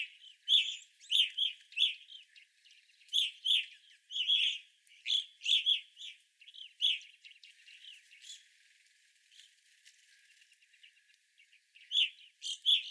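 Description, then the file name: Evening grosbeaks giving clear, ringing chirps in quick clusters for the first eight seconds, then a near-quiet stretch before calling resumes at the end. Group of evening grosbeaks recorded 25 April 2021. "2021-04-25 Evening Grosbeaks"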